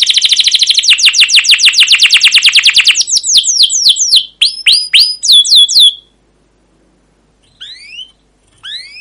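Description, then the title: Canary song: a fast rolling trill slowing into separate downslurred chirps, a silent gap, then a few faint rising whistles. Canary song with long rolling trills (cuit cuit ngerol), described as gacor, used as a lure (pancingan) master recording to train other canaries. "CUIT CUIT NGEROL LANGSUNG GACOR PANJANG Kenari Pancingan. Masteran Suara Burung Kenari Gacor Panjang cuit cuit Ngerol untuk Pancingan Kenari"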